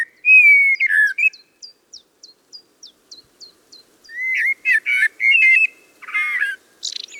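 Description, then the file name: Common blackbird song: a mellow whistled phrase, then a run of short high ticking notes, then more rich warbling with squeaky high endings. "Turdus merula"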